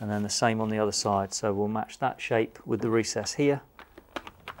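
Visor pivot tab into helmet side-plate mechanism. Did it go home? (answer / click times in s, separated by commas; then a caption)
no / none. Someone talks while lining up the plastic visor's pivot tab with the recess in the side-plate mechanism on the second side of an HJC RPHA-91 motorcycle helmet. After the talk, a few faint, short handling ticks are heard around 3.8 to 4.3 seconds. The visor has not clicked home on this side yet.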